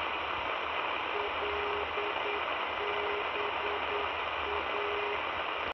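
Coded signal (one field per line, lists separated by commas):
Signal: Morse code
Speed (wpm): 9 wpm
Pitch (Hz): 410 Hz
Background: none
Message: LBA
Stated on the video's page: Leeds Bradford Airport non-directional aviation beacon on 405 kHz, received on a Sony ICF-SW7600GR.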